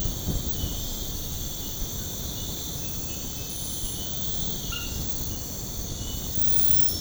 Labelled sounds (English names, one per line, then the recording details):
none
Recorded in secondary vegetation near Puerto Asís, Putumayo, Colombia, on 20 February 2024 at 03:30
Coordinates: 0.472, -76.331
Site G6371